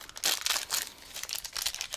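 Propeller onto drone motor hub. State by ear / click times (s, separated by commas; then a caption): not seated / none. A plastic propeller for a DJI Air 2S drone is handled at its marked motor hub, lined up by its orange marking. Crinkling and crunching bursts, like packaging, rise and fall through the two seconds, with several sharp hits. Nothing has seated or clicked yet.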